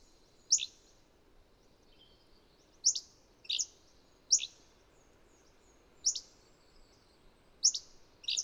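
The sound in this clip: Bird uttering loud, high, falling chirps with gaps of up to two seconds, some closely paired, over a steady low background hiss.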